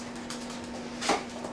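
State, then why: Seated. A plastic tail piece is pressed into the foam fuselage of an E-Flite Valiant 1.3m BNF (EFL 4950) RC airplane during tail installation. Over a steady low hum, a short click at 0.3 s marks the tail piece popping into its seat, followed by a louder broadband rustle around 1.1 s. The tail piece is seated in place.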